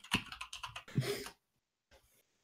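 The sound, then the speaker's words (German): Rapid clattering keystrokes on a computer keyboard as someone types into an online contact form, a quick burst of uneven clicks for over a second, then a pause and a few softer taps. “Ja, komm, schreib mal bitte, klick mal 16 an und schreib why? Fragezeichen ins Kontaktformular.”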